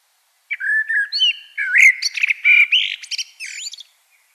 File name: Turdus merula